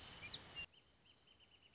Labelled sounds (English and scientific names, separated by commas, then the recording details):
Wrentit (Chamaea fasciata)
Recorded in Sonoma County, California